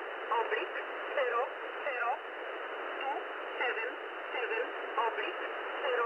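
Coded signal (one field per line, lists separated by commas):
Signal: numbers station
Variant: E11 Oblique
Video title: E11 Oblique | 30th August 2023 | Null Message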